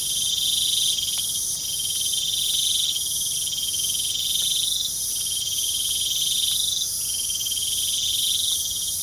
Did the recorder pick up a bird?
no